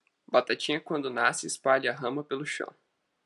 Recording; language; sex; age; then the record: short text; Brazilian Portuguese; male; 18 to 19 years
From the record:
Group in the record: control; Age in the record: 19 years